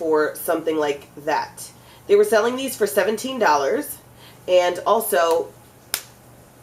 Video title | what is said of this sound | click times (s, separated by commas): IMATS 2011 Haul | you hear that click? It's got really good closure. | 5.9 s